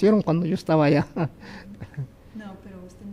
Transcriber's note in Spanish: risas